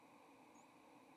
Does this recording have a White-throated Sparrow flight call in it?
no